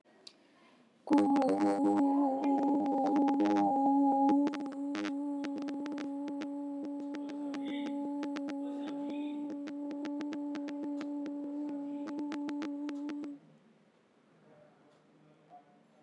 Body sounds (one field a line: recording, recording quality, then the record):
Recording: sustained vowel as in boot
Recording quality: excellent, no background noise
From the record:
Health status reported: healthy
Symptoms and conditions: hypertension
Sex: female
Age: 26 years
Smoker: not ticked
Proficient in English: yes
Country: India